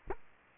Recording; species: mosquito wingbeat signal from an infrared sensor; Aedes aegypti